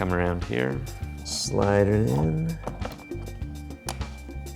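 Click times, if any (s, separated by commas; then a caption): 3.9 s. Someone talks over background music while a camera quick-release adapter plate is slid sideways into a stabilizer rig's quick-release clamp. The plate clicks into place at 3.9 s, showing it is seated far enough in, and it is then locked with a lever.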